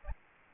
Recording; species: mosquito wingbeat signal from an infrared sensor; Aedes albopictus